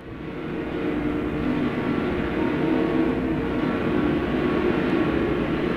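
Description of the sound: A steady, continuous roaring rumble with faint constant hums runs throughout, fading in over the first second, with no speech. It is a simulation of tinnitus, the ringing or roaring a person hears without any outside sound.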